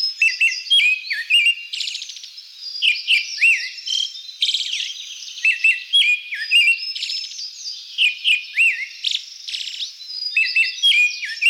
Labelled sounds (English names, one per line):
Pale Thrush song